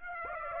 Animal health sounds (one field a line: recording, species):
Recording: mosquito wingbeat signal from an infrared sensor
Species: Aedes aegypti